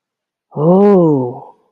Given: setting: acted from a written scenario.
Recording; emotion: vocal sound without words; awe